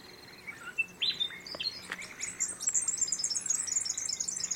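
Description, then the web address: Bird calls: high thin whistles and chirps, then a dense chattering series of very high notes, over faint background hiss. Recorded in mangroves. "Sound Effects-Foundation 1 BIRD UNKNOWN MAGROVES 06 SEQUENCE"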